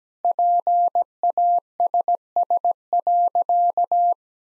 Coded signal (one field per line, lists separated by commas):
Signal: Morse code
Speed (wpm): 17 wpm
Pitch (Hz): 700 Hz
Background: none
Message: PASS.